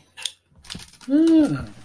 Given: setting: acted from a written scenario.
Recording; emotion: vocal sound without words; adoration